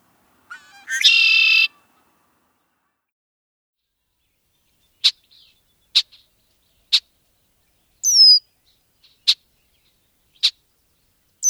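Red-winged blackbird gives one harsh buzzy trilled song, then after a pause repeats sharp, clipped check notes roughly every second, with one slurred whistled note among them.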